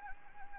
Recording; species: mosquito wingbeat signal from an infrared sensor; Anopheles gambiae